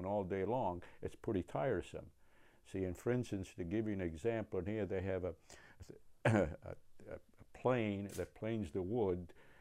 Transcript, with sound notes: all day long, it's pretty tiresome. See and for instance, to give you an example here, they have a [clears throat] a plane, that planes the wood.